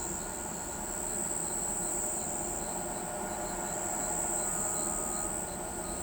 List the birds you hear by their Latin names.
none